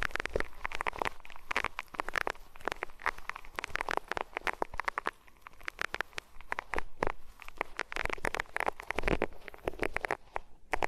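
Ears being rubbed against different materials make a dense, scratchy rustling that never stops. Sharp, bright crackles and pops land rapidly and irregularly throughout, over a soft, steady hiss. The loudness shifts with each stroke but the texture stays busy.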